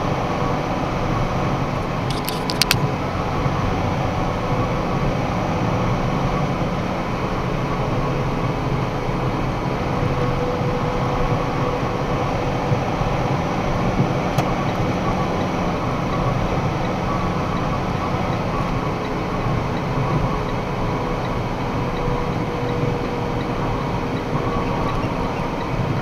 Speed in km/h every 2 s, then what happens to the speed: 103, 103, 104, 103, 102, 102, 103, 104, 104, 102, 100, 99, 95.
0-16 steady at about 103. 16-26 slows to 95.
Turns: none.